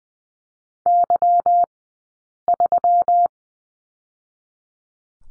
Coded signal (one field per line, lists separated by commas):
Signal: Morse code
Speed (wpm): 20 wpm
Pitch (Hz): 700 Hz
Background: none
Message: Y3